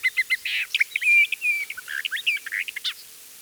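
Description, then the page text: Eastern Orphean warbler singing a dense, rapid babble of scratchy and whistled notes, with a few clear slurred whistles. "Eastern Orphean Warbler Song. Quick Sounds"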